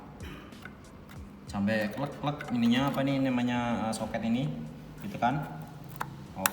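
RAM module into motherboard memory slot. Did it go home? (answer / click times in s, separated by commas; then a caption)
yes / 6.0 s, 6.5 s. A RAM memory stick is pressed down into a motherboard DIMM slot while someone talks. Two sharp clicks come at 6.0 s and 6.5 s as the retaining clips snap shut and the module seats.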